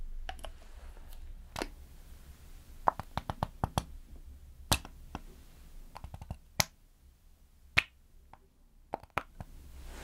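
Makeup being applied slowly, heard as scattered sharp clicks and taps of cases and tools, spaced irregularly with brief clusters around the third and fifth seconds. A soft low hum sits steadily underneath, with quiet rustling between the crisp snaps.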